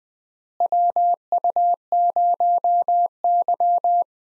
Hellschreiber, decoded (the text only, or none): none